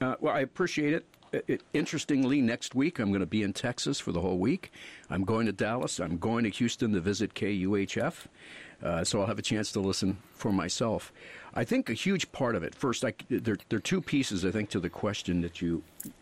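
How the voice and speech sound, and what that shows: A man, the president and CEO of NPR, speaks fluently in a clear, steady mid-low voice with natural pauses; ordinary adult speech.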